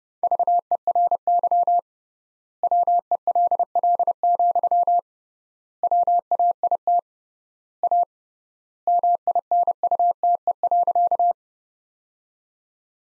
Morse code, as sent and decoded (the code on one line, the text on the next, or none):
...- . .-. -.-- / .-- . .-.. .-.. --..-- / .-- .- .. - / .- / -- .. -. ..- - . .-.-.-
VERY WELL, WAIT A MINUTE.